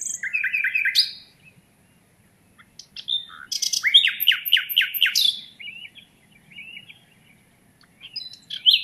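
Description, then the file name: Common nightingale song: a whistled phrase, a quiet gap, then a burst of rich descending repeated notes followed by softer fluty phrases. "Luscinia megarhynchos"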